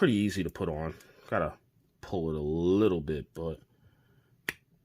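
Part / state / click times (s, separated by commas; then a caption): swappable hand on an action figure's wrist peg / seated / 4.5 s. Someone talks while a swappable plastic ninja star hand is pulled and pushed onto the wrist peg of a 6-inch G.I. Joe Classified Series Snake Eyes PULSE exclusive action figure. At 4.5 s a single sharp snap is heard as the hand seats on the peg, which is the snap you want.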